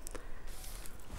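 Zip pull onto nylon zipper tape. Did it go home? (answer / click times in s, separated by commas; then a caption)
yes / 0.1 s. A zip pull is popped onto the end teeth of a nylon two-way bag zipper and pushed until it clicks into place at 0.1 s. Two more short ticks follow at 0.2 s and 0.9 s over low, steady handling noise.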